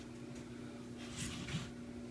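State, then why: Not seated. A metal hammer is pushed into a lower receiver after the trigger lever is pulled, working it in toward sitting almost flush. A steady low hum runs throughout, with faint scraping and rustling bursts around 1.2 s and 1.5 s. Nothing has seated or clicked yet.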